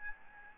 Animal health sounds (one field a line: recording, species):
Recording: mosquito wingbeat signal from an infrared sensor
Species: Aedes albopictus